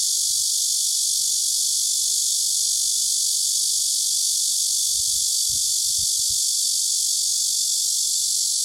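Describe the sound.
Cicada giving a steady, unbroken high-pitched hissing buzz that holds evenly throughout, with a few soft low thumps near the middle.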